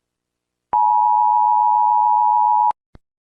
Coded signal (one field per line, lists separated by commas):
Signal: Emergency Alert System (SAME) tones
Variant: 853 and 960 Hz attention tone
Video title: I react to EAS alarms around the world